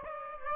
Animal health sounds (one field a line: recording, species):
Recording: mosquito wingbeat signal from an infrared sensor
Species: Aedes aegypti